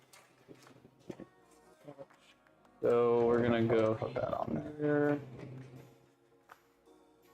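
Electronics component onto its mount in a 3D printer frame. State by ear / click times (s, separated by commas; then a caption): seated / 6.5 s. An electronics component is pushed onto its mount in a 3D printer frame during the printer build, and it snaps into place with one short, sharp click at 6.5 s. Before that, someone talks over a loud tonal music passage, with a few faint knocks and taps in the background. The part is seated on its mount.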